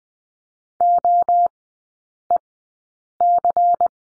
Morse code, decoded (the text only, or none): OEC